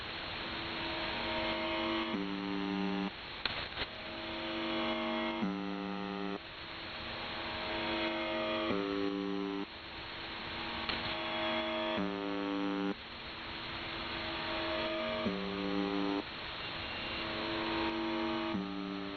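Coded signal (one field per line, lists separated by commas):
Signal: channel marker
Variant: UVB-76 (The Buzzer)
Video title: UVB-76 (4625 kHz) Strange white noise 18:35 UTC (Noise starts at 3:15)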